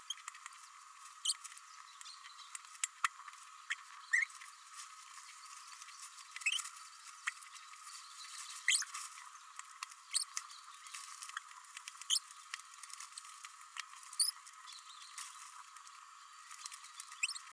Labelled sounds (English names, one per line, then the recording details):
Green-rumped Parrotlet babbling
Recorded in a nest box in Venezuela
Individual 18B104A3